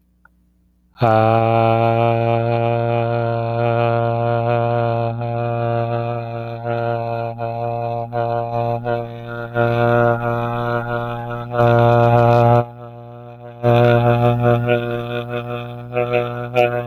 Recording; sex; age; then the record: vowel held as long as possible; male; 30 to 39 years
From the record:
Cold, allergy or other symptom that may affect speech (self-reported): no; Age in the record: 38 years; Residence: Kansas, United States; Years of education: 13